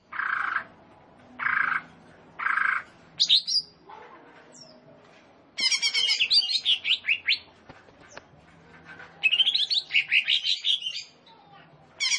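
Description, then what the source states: Leafbird giving three harsh buzzy notes, then longer bursts of fast trilled chatter and high whistled slurs. Singing vigorously, described as gacor.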